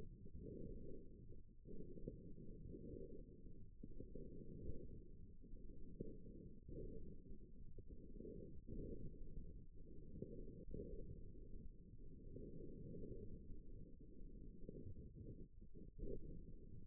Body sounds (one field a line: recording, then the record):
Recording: forearm muscle sounds (acoustic myography)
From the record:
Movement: forearm supination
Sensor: system 1, eight BSWA MPA416 microphones around the upper forearm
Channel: 7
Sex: female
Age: 21 years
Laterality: right